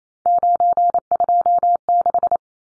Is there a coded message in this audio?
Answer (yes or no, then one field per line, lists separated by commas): yes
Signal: Morse code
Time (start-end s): 0.3-2.4 s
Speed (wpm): 28 wpm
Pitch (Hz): 700 Hz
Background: none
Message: 926